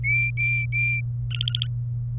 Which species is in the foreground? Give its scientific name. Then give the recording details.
Serinus canaria. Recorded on 27 April 2018 at 14:13. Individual llb3